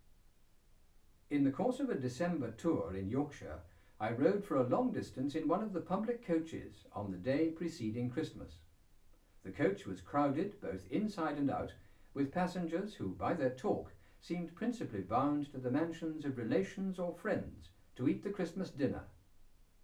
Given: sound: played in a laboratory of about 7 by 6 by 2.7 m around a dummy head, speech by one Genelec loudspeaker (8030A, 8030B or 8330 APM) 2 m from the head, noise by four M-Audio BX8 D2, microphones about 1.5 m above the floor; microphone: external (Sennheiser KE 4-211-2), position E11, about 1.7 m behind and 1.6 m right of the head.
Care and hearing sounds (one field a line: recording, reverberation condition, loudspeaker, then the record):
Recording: male speech in English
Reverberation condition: low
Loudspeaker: 60 degrees to the right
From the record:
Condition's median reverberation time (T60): about 310 ms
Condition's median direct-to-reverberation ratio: about 3.5 dB